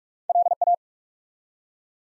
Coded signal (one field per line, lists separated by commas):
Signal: Morse code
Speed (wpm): 44 wpm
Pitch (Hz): 700 Hz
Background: none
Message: LA